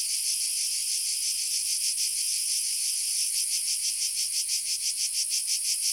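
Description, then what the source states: Cicadas in a steady shrill buzz with regular rapid pulses, roughly three per second, two species blending in one continuous chorus. Two cicada species together; Sardinia, Sassari, Patada to Oshiri road north of Mount Pedralunga, 300 m; 16 July 1990, 14:30; very hazy sun, 35 °C; UHER 4200 recorder, AKG D202 microphone.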